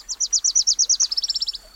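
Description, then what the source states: Wilson's Warbler singing a fast, bright trill of sharp down-slurred notes that speeds up midway into a quicker, slightly lower run before stopping. Tiny, bright yellow warbler; males look like they are wearing a little black beret.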